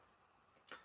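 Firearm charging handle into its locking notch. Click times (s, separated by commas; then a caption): 0.7 s. A charging handle on a small firearm is worked into its HK-style locking notch, giving a quiet double tick at about 0.7 s and 0.7 s, close together, over a low steady background. The catch holds and the handle locks into place.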